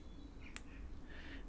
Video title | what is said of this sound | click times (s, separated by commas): How to unlock DYNAMIC Pro & ENDURO Pro // BMW 1250 GSA // 4K | going to marry them up and then you're going to push it in when you push it in you should hear a firm click | 0.6 s